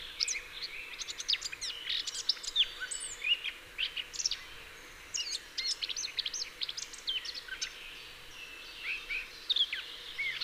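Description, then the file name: Eurasian blackcap chirping: rapid, varied high chirps and short warbled notes in clustered bursts throughout, with a steady low background hum. "Sylvia atricapilla"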